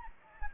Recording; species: mosquito wingbeat signal from an infrared sensor; Anopheles gambiae